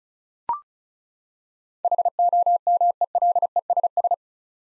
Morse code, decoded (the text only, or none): HOMELESS